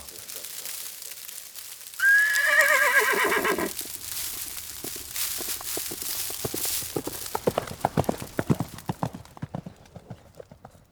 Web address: Iransample horse